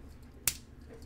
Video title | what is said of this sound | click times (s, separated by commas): Bandai Macross Hi-Metal R VF-1S 35th Macross Anniversary Messer Figure | will snap into place nice and tight and there | 0.5 s